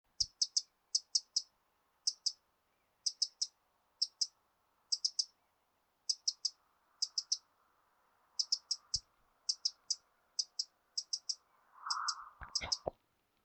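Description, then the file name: Eurasian wren giving dry, hard ticking calls in quick clusters of two to four, repeated steadily throughout, with a faint hum and a few low thumps. "Troglodytes troglodytes"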